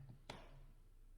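A passenger-side plastic fog light finisher is pushed by hand into the front bumper opening of a Nissan Frontier coated with Raptor bedliner. A sharp, bright snap sounds at 0.3 s over a low steady hum, then fades quickly. The finisher seats firmly in place.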